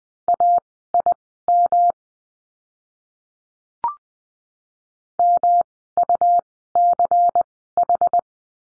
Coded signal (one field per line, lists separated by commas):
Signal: Morse code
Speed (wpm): 20 wpm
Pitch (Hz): 700 Hz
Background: none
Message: AIM MUCH